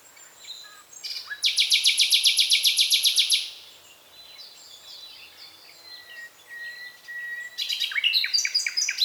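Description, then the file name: Common nightingale song: a loud, rapid run of repeated notes for about two seconds, then a thin sustained whistle and quieter phrases, ending in another fast burst. "Luscinia megarhynchos"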